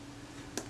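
A small metal lever on the mechanism plate of an Agfa Record II folding-camera leaf shutter is pulled forward during reassembly of the shutter mechanism. Over a quiet, steady background, one sharp, bright click sounds at 0.6 s as the lever flips into its working position. The lever is seated in place.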